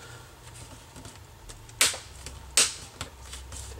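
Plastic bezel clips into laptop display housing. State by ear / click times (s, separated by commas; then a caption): seated / 1.8 s, 2.6 s. While reassembling a MacBook laptop screen after an inverter repair, the plastic bezel is pushed down into the display housing so its clips engage. Two sharp, bright snaps ring out at 1.8 s and 2.6 s, each followed by a fainter tick, and the bezel clips seat in place.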